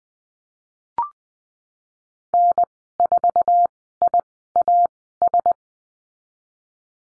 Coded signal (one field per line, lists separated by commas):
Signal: Morse code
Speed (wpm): 20 wpm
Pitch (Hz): 700 Hz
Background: none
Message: N4IAS